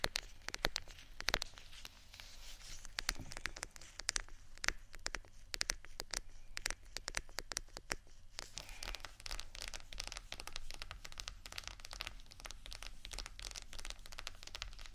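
Fast, irregular tapping and scratching on vinyl, sharp crisp clicks packed densely throughout with a low steady hum underneath.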